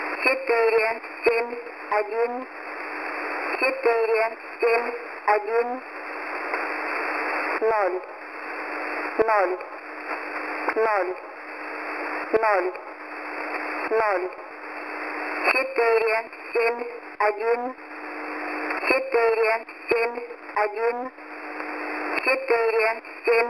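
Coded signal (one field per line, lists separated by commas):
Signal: numbers station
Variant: S06s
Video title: S06s Number Station 9262kHz - 8:30 UTC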